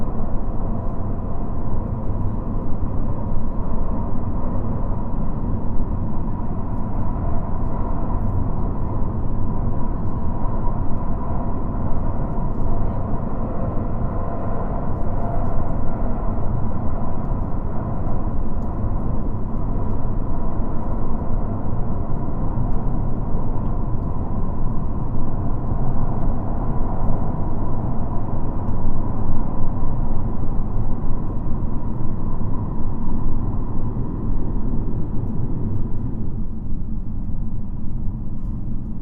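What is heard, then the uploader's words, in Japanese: A JR Shikoku 2700 series diesel railcar running, heard as a steady, heavy low rumble with a faint whining tone held above it. The level stays even for the whole stretch, with a small shift in the upper tone around 36 seconds. 四国旅客鉄道2700系気動車の走行音。特別急行列車 南風20号 琴平から岡山までの区間で録音しました。児島発車後から岡山到着まで。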